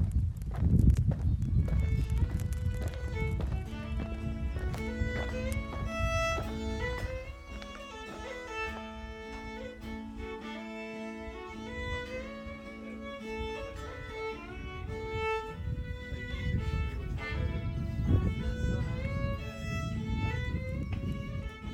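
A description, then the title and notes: In a bay, overlapping pitched, wavering animal-like calls sound continuously over a steady low rumble of wind or water, without pause. Recordings he made in the bay of Camas Tuath on the Isle of Mull, Scotland.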